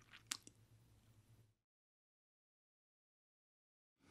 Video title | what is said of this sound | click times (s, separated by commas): Guide: How to Operate the LTT Torque Analyzer | that click is picked up by the analyzer | 0.3 s